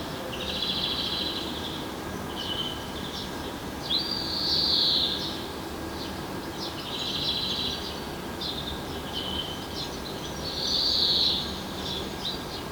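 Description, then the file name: European greenfinch uttering rolling trills and a rising wheezy note in separate bursts every few seconds over steady low background noise. "Chloris chloris"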